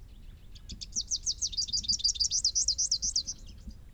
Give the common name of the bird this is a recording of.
Rufous-capped Warbler